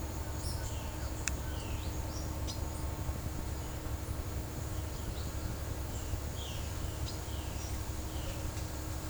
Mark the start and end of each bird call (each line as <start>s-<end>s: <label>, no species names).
0.22s-0.67s: bird call
1.51s-2.24s: bird call